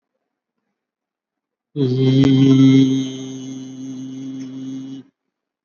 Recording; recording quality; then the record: sustained vowel as in beet; excellent, no background noise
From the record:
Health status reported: COVID-19 positive, moderate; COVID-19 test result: positive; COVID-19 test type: RT-PCR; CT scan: taken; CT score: 13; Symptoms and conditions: cough, cold, breathing difficulty, fever, fatigue, muscle pain, another respiratory illness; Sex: male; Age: 51 years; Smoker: no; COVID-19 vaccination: one dose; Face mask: worn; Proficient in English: yes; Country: India